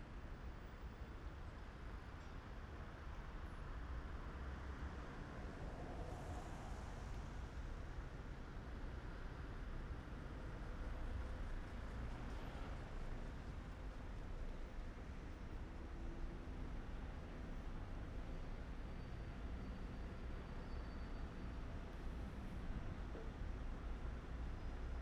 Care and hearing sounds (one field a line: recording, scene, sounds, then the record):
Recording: everyday scene through a hearing-aid microphone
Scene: in traffic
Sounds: traffic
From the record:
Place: main city hub, rush hour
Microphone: behind the ear, right, front